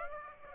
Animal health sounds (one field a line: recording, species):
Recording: mosquito wingbeat signal from an infrared sensor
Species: Aedes aegypti